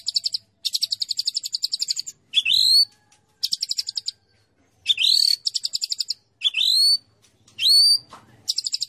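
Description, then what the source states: White-rumped shama song: bursts of fast high rattling trills alternate with loud upslurred whistles, separated by short pauses. Champion white-rumped shama.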